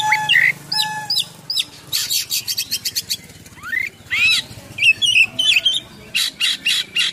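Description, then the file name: Oriental magpie-robin song: mixed clear whistles, buzzy chatter, a rising slurred note and rapid bursts of rattling trills in varied phrases. Full song in top singing form (gacor) with a rich repertoire of imitated phrases (full isian, mewah). "KACER GACOR FULL ISIAN MEWAH"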